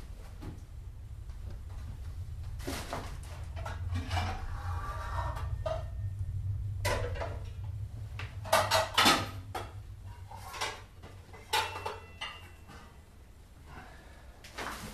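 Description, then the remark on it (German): Clattering and knocking as a casserole dish is pulled from a kitchen cupboard: a string of sharp, irregular clunks and scrapes, growing louder toward the end, over a steady low hum with no talking. “So. Auflaufform her.”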